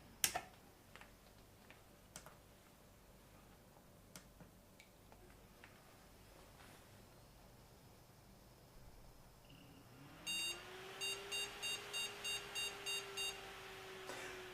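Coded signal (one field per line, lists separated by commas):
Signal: beep code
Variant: AMI BIOS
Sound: clicks, a fan spinning up, then eight quick identical short beeps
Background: fan noise, clicks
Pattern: 8 short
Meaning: Video memory error; no graphics card present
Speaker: Alright, 1 beep. 8 beeps. Video memory error. So it's complaining about not having a graphics card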